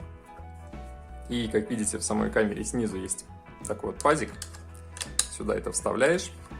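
A plastic wall-mount plate is being handled at the slot on the underside of an indoor Wi-Fi pan camera, meant to be twisted in until it clicks. Someone talks over steady background music, with a sharp handling tap near 5.2 s. Nothing has seated or clicked yet.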